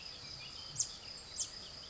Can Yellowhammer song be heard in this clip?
no